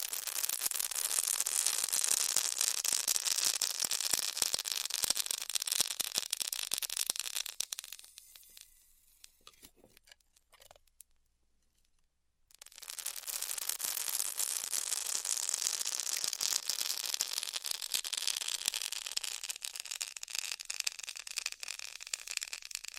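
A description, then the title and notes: A hot wire cuts through styrofoam with a dense, bright crackling hiss made of rapid tiny pops. Around eight seconds the sound fades and drops almost to silence, with a sharp snap near eleven seconds, then the crackling resumes at full strength from about twelve seconds to the end. ASMR Styrofoam Heat Cutting (No Talking).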